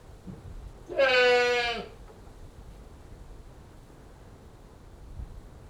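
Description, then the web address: Goat bleating: a single harmonic-rich bleat lasting under a second, level in pitch with a slight wavering quality, then quiet low background rumble. One goat bleating, livestock. "BBC Sound Effects Library. One Old English Goat Bleating"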